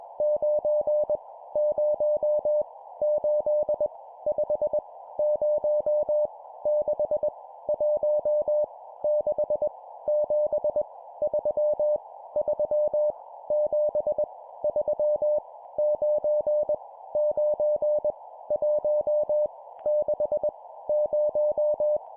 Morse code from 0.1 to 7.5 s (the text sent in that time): 9 0 8 5 0 6